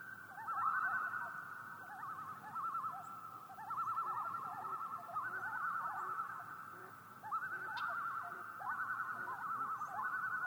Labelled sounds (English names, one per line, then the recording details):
Common Loon
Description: Common loons make a series of tremelo calls on Yellowstone Lake